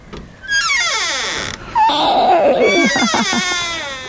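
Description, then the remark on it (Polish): A creaking door groans in two long, drawn-out creaks, the first sliding steadily downward in pitch, the second wavering and squealing before fading, loud and with no talking. “Tamte są bardziej skrzypiące, tak.”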